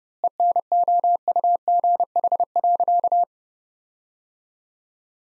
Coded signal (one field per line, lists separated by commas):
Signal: Morse code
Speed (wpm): 32 wpm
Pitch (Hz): 700 Hz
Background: none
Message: ENOUGH.